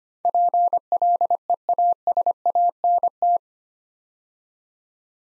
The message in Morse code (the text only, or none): PLEASANT